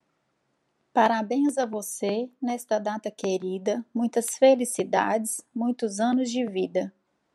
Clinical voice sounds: short text; Brazilian Portuguese; female; 30 to 39 years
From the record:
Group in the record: control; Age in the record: 37 years

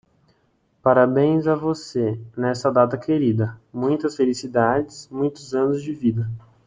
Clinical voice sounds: short text; Brazilian Portuguese; male; 50 to 59 years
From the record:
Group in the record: control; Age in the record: 53 years

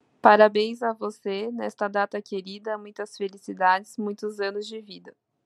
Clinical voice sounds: short text; Brazilian Portuguese; female; 20 to 29 years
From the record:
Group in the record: control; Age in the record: 26 years

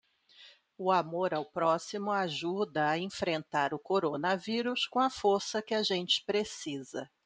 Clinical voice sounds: spoken sentence; Brazilian Portuguese; female; 50 to 59 years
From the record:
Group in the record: control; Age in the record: 55 years

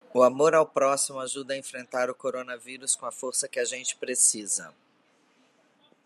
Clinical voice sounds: spoken sentence; Brazilian Portuguese; female; 50 to 59 years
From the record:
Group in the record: control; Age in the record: 50 years

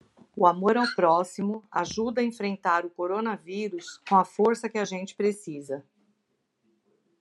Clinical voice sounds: spoken sentence; Brazilian Portuguese; female; 50 to 59 years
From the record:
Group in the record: control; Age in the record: 59 years

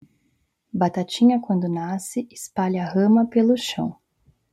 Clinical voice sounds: short text; Brazilian Portuguese; female; 30 to 39 years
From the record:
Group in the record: control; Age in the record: 39 years

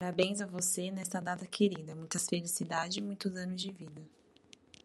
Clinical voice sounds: short text; Brazilian Portuguese; female; 20 to 29 years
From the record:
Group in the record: control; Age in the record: 22 years

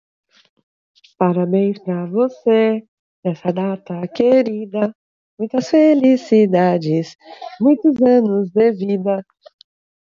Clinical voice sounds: short text; Brazilian Portuguese; female; 30 to 39 years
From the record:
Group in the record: control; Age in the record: 34 years

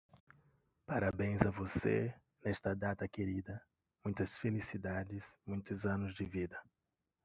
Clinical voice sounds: short text; Brazilian Portuguese; male; 30 to 39 years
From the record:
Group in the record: control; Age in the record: 37 years

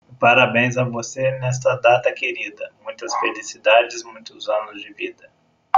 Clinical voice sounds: short text; Brazilian Portuguese; male; 30 to 39 years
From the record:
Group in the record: control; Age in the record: 34 years

